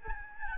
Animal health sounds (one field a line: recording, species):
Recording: mosquito wingbeat signal from an infrared sensor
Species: Aedes albopictus